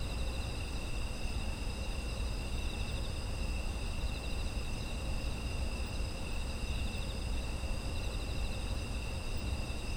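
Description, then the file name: Several insects produce continuous shrill trills at different pitches, some with a quick wavering pulse, over low steady background rumble. Autumn insect ambience. "秋の虫の環境音"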